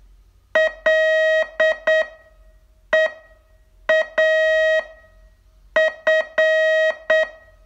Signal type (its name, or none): Morse code